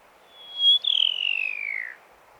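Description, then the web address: Pipit call: a thin, steady high whistle that breaks into a long, buzzy note sliding steadily downward, given once. "animal-sound pipit-sound"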